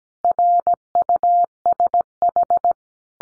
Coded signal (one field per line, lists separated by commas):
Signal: Morse code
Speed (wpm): 17 wpm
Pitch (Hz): 700 Hz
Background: none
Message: RUSH